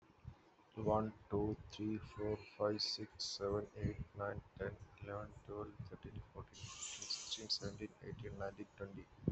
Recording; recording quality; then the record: counting at a normal pace; excellent, no background noise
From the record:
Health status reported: respiratory illness, not identified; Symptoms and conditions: none ticked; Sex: male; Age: 36 years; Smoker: yes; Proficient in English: yes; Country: India